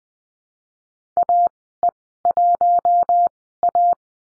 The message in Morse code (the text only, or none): AE1A